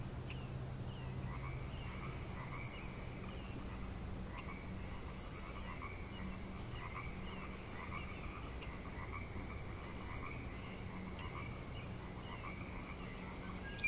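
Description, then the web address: Frog chorus, a dense steady mesh of overlapping croaks and trills over a low droning hum, with brief descending bird whistles above. Frog chorus recorded at Grafton Lake on 3 May 2009. "The Frog Chorus Tunes Up On Grafton Lake"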